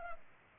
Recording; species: mosquito wingbeat signal from an infrared sensor; Culex pipiens